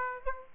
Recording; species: mosquito wingbeat signal from an infrared sensor; Aedes aegypti